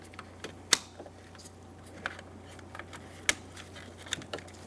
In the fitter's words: push until you hear a click if you don't give them a pull make sure they're locked in